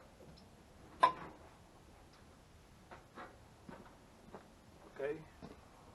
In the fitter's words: I shifted it. You could probably have heard the little click into drive.